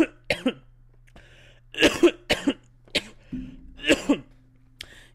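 An adult man gives a run of short, harsh, dry-sounding coughs from COVID-19 infection, about nine bursts in five seconds, several coming in quick pairs. A faint steady low hum runs underneath.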